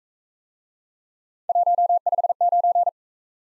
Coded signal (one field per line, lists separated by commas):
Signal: Morse code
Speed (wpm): 39 wpm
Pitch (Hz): 700 Hz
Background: none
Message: 159